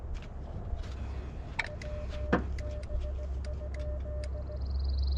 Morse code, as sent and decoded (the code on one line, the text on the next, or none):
.-- -... ..--..
WB?